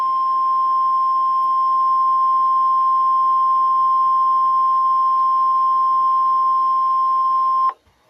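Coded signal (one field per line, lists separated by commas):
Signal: Emergency Alert System (SAME) tones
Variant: 1050 Hz attention tone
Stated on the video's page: Severe thunderstorm watch received on NOAA Weather Radio, screen-recorded with the Mobizen app.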